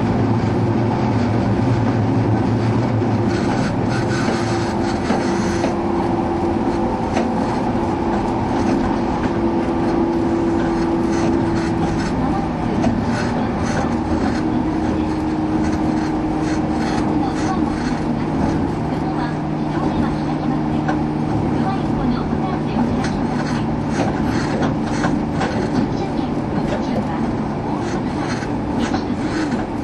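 A train on the Bantan Line runs steadily, its deep rumble and motor whine filling all thirty seconds at an even loudness. A low tone holds through the first half, then a slightly higher hum takes over, with faint clatter and rattling throughout.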